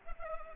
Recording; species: mosquito wingbeat signal from an infrared sensor; Culex pipiens